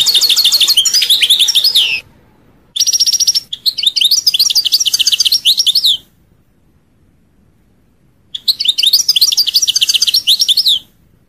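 European goldfinch giving three long bursts of lively twittering song, full of rapid trills and chirps, with brief silences between.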